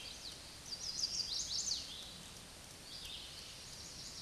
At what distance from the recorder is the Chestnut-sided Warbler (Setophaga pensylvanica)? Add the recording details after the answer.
about 40 m. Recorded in a Pennsylvania forest on 18 May 2023 at 09:52. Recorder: AudioMoth, point grid1_11_low. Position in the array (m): 214 m, 131 m